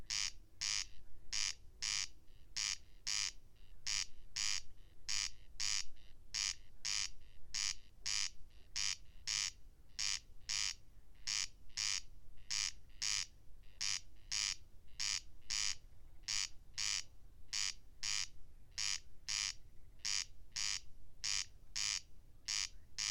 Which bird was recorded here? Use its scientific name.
Crex crex